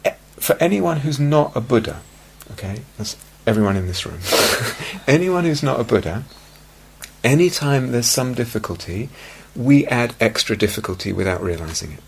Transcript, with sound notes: for anyone who's not a Buddha -- that's everyone in this room -- [laughs] anyone who's not a Buddha, any time there's some difficulty, we add extra difficulty without realizing it.